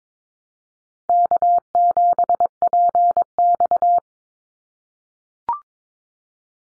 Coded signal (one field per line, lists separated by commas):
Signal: Morse code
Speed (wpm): 22 wpm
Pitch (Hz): 700 Hz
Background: none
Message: K7PX